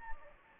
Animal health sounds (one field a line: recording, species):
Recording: mosquito wingbeat signal from an infrared sensor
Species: Anopheles gambiae